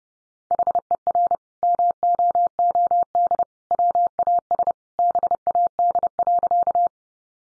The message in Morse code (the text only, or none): HER MOOD WAS BAD.